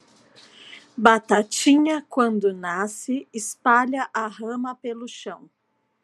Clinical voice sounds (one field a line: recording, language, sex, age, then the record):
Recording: short text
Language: Brazilian Portuguese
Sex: female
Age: 40 to 49 years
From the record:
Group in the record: control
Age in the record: 47 years